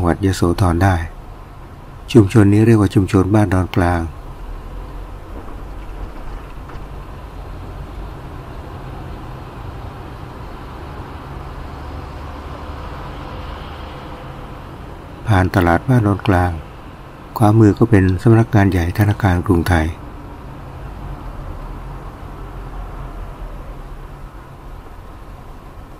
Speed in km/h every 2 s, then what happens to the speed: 16, 15, 15, 18, 23, 26, 26, 26, 26, 27, 26, 22, 14.
0-5 steady at about 15. 5-9 speeds up to 26. 9-19 steady at about 26. 19-26 slows to 14.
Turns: none.